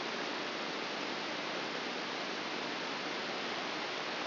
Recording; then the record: brain microelectrode recording played as sound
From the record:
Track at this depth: outside the subthalamic nucleus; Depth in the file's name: 6.898 mm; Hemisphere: left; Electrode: 3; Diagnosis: Parkinson's disease